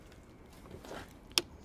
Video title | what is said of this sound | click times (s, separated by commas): Ford Fusion 2.0L Water Pump-Transit, Escape Replacement | There we go. There we go. Hear that snap. | 1.4 s